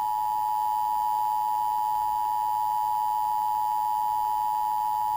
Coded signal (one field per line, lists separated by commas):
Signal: Emergency Alert System (SAME) tones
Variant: 853 and 960 Hz attention tone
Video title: EAS Severe Thunderstorm Watch 5 29 2020 2